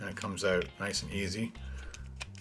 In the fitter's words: It doesn't snap in. Maybe it does. Nope.